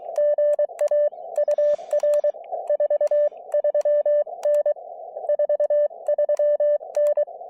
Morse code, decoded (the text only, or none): GA UR 43N 43N